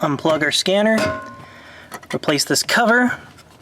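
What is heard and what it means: A plastic OBD2 port cover is handled over the driver's footwell trim of a Mercedes-Benz after the scanner is unplugged, while someone talks. Nothing has seated or clicked yet; the clip ends just before the cover goes home.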